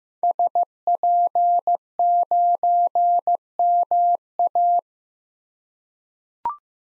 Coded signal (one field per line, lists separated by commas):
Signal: Morse code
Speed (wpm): 15 wpm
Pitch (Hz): 700 Hz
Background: none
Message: SP9MA